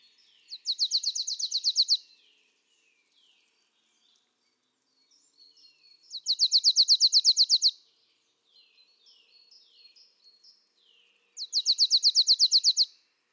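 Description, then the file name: Marsh tit uttering three rapid high trills of clipped notes, with faint soft chirps scattered in the pauses between them. "Poecile palustris"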